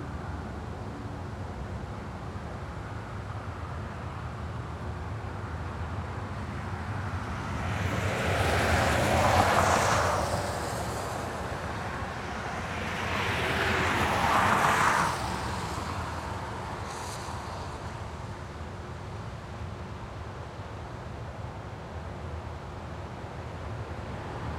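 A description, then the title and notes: Cars pass on a wet road, two clear swells of tyre hiss rising and fading around nine and fifteen seconds, with a fainter pass near seventeen. Between them a steady low rumble of traffic fills the background, and a faint constant hum runs throughout. Wet Road Traffic.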